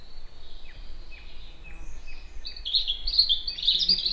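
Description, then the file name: European robin song: a series of faint short down-slurred ticks, then a brighter, louder run of high warbled notes, over low background noise. "Erithacus rubecula"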